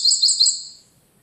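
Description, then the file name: Eurasian wren giving three quick, very high chattering notes in about half a second, then fading to quiet. "Troglodytes troglodytes"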